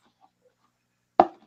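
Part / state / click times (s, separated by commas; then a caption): purse clasp closing on a handbag / seated / 1.2 s. A vintage purse's clasp is worked closed on a handbag during a live auction. After about a second of near silence with faint small sounds, a sharp, loud click at 1.2 s marks the clasp snapping shut, then it quickly decays.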